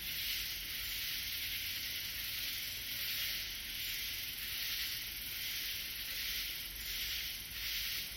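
Katydid calling: unbroken high hissing buzz with faint rhythmic swells, set against a constant broad noise.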